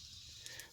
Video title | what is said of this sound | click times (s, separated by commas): UMX Turbo Timber Part 5 QUICK FIX PLUS | it just did just made a liar out of me it clicks down all | 0.5 s, 0.6 s